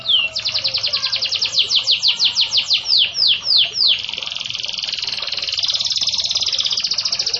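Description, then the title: Canary song: a fast series of downward-sweeping whistled notes, then a sustained buzzy trill that runs to the end. Local canary singing its cengkok song variations; a lively singer. "Cengkok Kenari Mewah. kenari lokal gacor"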